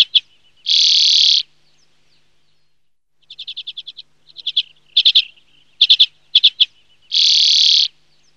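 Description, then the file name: Common redpoll calls: a rapid run of dry chattering notes, clipped doublets and triplets, and two long harsh buzzy rasps, all high-pitched against silence. "URPIAINEN"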